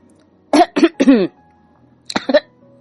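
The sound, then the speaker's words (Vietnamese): A few dry coughs from a woman who choked on water, three quick harsh bursts in a row, then a short pause and two more, loud and raspy with no talking. “Nhã Tịnh Văn ho khan vài tiếng, Lộ Khiết An liền buông tay Triệu Lệ Minh quay sang vuốt ngực cho cô, lo lắng hỏi.”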